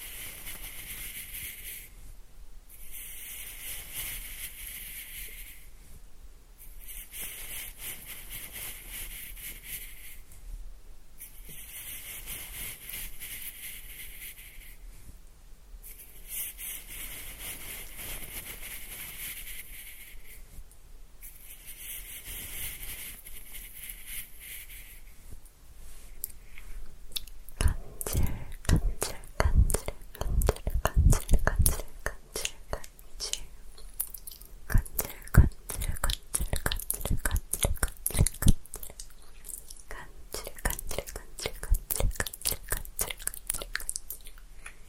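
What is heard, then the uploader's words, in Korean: Mouth sounds on a pin mic: for the first twenty-five seconds, bright wet hissing bursts repeat every four or five seconds with short pauses between. Then dense crackly clicks and taps take over, with loud rough scratching peaks around 28–32 and 35–38 seconds. 입소리폭탄 핀마이크 괴롭히기.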